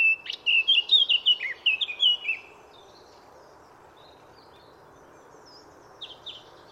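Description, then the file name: Eurasian blackcap singing a brisk two-second phrase of slurred whistled notes, then quiet apart from a couple of faint notes near the end, with constant low hum. "Sylvia atricapilla"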